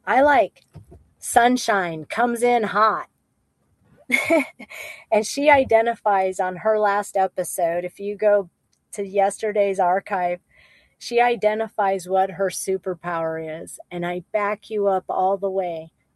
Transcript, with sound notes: I like Sunshine Comes in Hot. (laughs) And she identifies on her last episode, if you go to yesterday's archive, she identifies what her superpower is, and I back you up all the way.